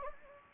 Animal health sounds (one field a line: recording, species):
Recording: mosquito wingbeat signal from an infrared sensor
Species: Anopheles gambiae